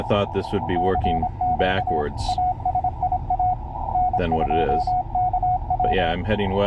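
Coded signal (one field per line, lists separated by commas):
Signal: Morse code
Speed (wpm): 26 wpm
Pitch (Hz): 730 Hz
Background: speech, radio noise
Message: CQ ASIA N2KW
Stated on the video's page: Mobile station comparing Yaesu ATAS 120 and Tarheel antennas while driving.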